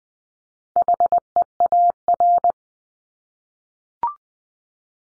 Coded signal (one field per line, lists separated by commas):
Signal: Morse code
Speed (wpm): 20 wpm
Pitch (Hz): 700 Hz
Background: none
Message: HEAR